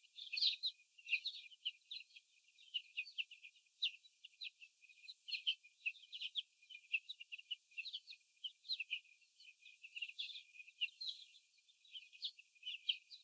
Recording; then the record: young laying hens in a cage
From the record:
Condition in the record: after the stressor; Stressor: sudden umbrella opening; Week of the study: 3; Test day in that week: 2